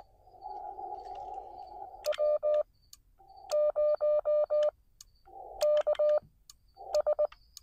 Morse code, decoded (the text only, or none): W0KS